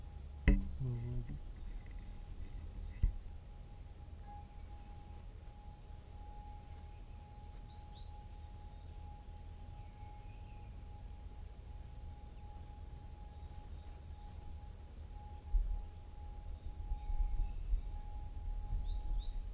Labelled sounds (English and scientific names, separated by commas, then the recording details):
Short-toed Treecreeper (Certhia brachydactyla) song
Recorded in the wild
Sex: male
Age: adult
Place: Freiburg, Baden-Württemberg, DE
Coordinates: 48.0333, 7.82472
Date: 1960-03-24
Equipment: Maihak MMK 4, Sennheiser MD 82
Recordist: Thielcke, Gerhard